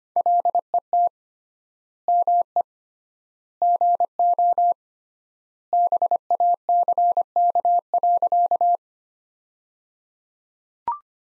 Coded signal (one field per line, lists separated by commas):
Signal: Morse code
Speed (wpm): 25 wpm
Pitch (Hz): 700 Hz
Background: none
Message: LET ME GO BACK.